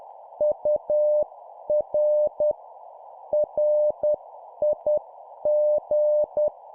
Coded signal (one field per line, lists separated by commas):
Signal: Morse code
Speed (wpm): 10 wpm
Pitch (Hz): 600 Hz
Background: none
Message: UR RIG